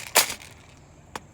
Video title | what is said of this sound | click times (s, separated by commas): Great Beginner Rifle - Valken ASL Model M Review #airsoft #review #airsoftreview | you can tell it's sliding because it clicks back into place | 1.2 s